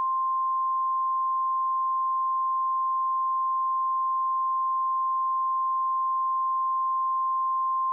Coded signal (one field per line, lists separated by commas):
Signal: Emergency Alert System (SAME) tones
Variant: 1050 Hz attention tone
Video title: “Nightmare in New York” (EAS Scenario)